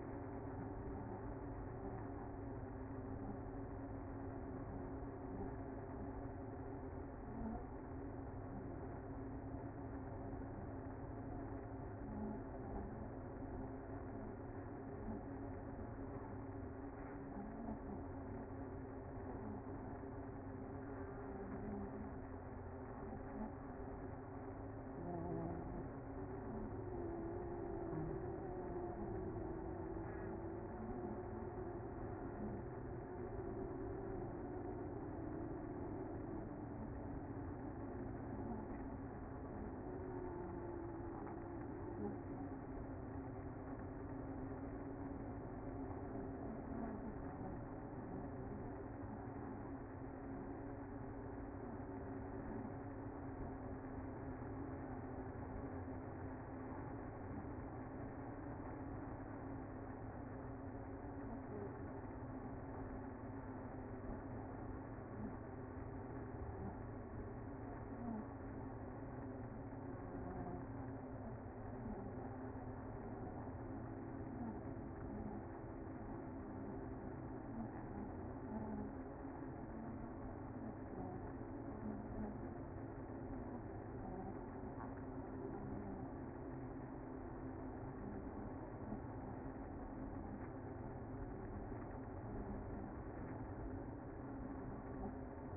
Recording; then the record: honeybee colony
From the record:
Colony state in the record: active